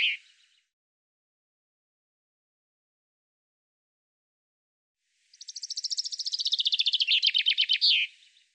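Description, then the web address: Common chaffinch song: the end of one phrase, a pause, then a full bright descending trill of rapid notes that ends in a flourish. "Deverinetal 2025 File cleaned normalized Bird Fr Co"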